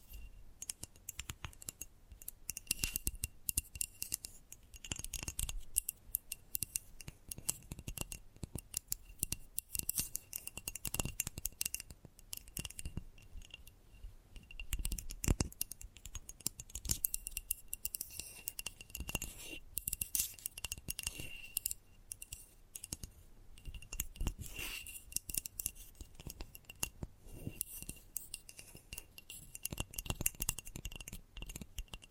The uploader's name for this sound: ASMR Gentle Tapping